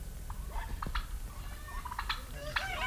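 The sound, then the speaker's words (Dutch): Turkeys kept at a small rural homestead, alongside chickens and grouse, just outside land bought up by Rio Tinto for a lithium mine, gobble in a series of quick, warbling bursts, several overlapping calls rising and falling in pitch over a steady low rumble, with no talking. “Kalkoenen, kippen en korhoenders, fruitbomen, druivenranken en tomaten.”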